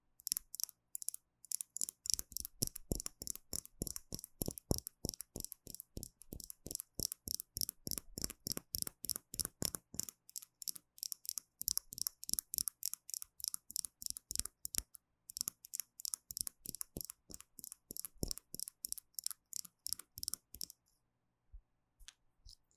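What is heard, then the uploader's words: Quick, regular tapping on small hard objects runs nearly nonstop, sharp clicks packed several per second with a bright edge. There is a brief pause near fifteen seconds before the rhythm resumes, then it thins to a few scattered taps at the end. ASMR 凝膠美甲用品觸發 | Gel Nails supplies Triggers | Tapping & Scratching | NoTalking. 手邊好多美甲用品可以使用，還有一些亮晶晶閃亮亮的拍照道具.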